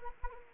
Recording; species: mosquito wingbeat signal from an infrared sensor; Anopheles arabiensis